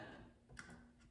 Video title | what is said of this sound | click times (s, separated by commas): Building a Small Form Factor Console Killer PC | okay I just I guess we were in and I just had to manually latch it on which | 0.6 s